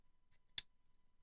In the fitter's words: here that click